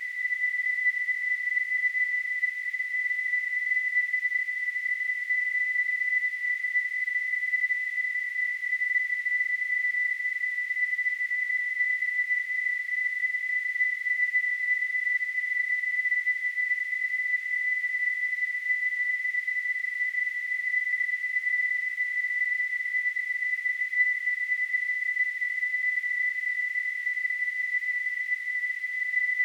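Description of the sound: A steady, unbroken high-pitched tone near 2 kHz with a faint hiss around it holds at an even level for about thirty seconds. It is a simulated tinnitus sound, imitating the constant ringing some people hear in their ears.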